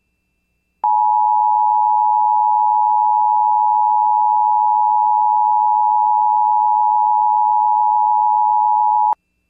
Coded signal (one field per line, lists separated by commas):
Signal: Emergency Alert System (SAME) tones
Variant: 853 and 960 Hz attention tone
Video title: EAS ( #581 - #591 ) Calm Before The Storm form 8/20/25 - 8/22/25